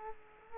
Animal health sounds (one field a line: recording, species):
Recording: mosquito wingbeat signal from an infrared sensor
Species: Culex quinquefasciatus